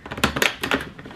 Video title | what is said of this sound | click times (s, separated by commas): 6 HOUR AIRPORT STANDBY - Flight Attendant Life - VLOG 2, 2020 | randomly I love the click sound that the locks make it makes it feel like I'm opening like a treasure I never get worried about you | 0.2 s, 0.5 s, 0.7 s